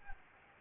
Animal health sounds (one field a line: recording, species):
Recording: mosquito wingbeat signal from an infrared sensor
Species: Anopheles gambiae